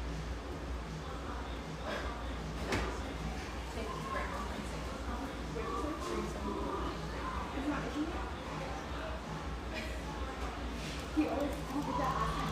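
Steady murmur of overlapping conversation fills a coffeehouse, with no single voice standing out. A constant low hum sits underneath, and occasional sharp clinks of cups or dishes cut through, notably near three seconds and again around eleven seconds.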